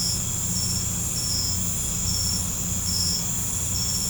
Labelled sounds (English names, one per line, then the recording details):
none
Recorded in pastures near Puerto Asís, Putumayo, Colombia, on 18 December 2024 at 20:00
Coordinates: 0.505, -76.324
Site G063